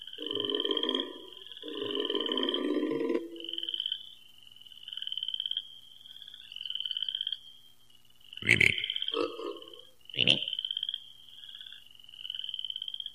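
Frogs calling, a high thin trill running almost throughout, with lower raspy pulsed croaks early on and a few sharp loud clicks later.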